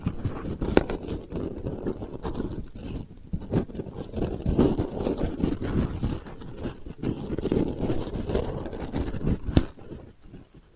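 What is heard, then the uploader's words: Delicate scratching runs continuously, a dense, busy texture of small scrapes and crunches mostly in the low and middle range. Brief sharper strokes stand out at irregular moments, near the start and again around ten seconds, while the level stays fairly even throughout. ASMR Delicate Scratching for Sleep (No Talking).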